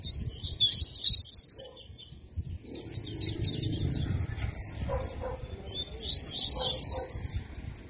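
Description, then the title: Double-collared seedeater singing a loud, fast twittering burst at the start, then quieter scratchy high notes and a final short phrase over low background noise. Song in the tui tui style; the bird is described as fibra. "COLEIRO DE GOLA TUI TUI FIBRA"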